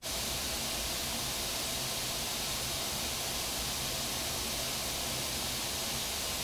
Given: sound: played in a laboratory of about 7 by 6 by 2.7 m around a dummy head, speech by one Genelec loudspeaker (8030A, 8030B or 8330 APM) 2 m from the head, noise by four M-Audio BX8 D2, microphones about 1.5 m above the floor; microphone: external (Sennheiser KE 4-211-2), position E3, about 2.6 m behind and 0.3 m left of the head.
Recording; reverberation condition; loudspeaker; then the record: white noise; low; four, about 170 cm from the corners of the room and facing them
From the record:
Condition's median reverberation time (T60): about 310 ms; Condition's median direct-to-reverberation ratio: about 3.5 dB